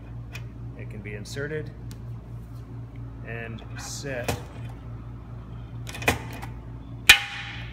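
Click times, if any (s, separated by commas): 7.1 s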